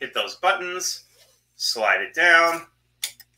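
Someone talks while an embroidery hoop frame in the hoop holder is handled, with its buttons pressed so the frame can be slid down. A few short, faint ticks follow near the end, but the frame has not locked into place yet, and nothing has seated or clicked.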